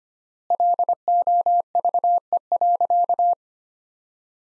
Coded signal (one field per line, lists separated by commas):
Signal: Morse code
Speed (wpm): 25 wpm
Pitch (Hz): 700 Hz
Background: none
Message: LOVE.